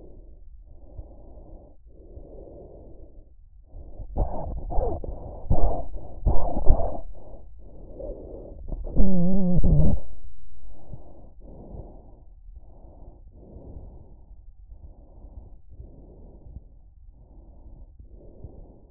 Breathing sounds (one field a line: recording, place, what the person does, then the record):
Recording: lung sounds by stethoscope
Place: trachea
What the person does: quiet breathing, then cough and speech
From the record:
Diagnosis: asthma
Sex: female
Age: 65 years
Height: 157 cm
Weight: 70.2 kg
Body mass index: 28.5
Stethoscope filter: extended mode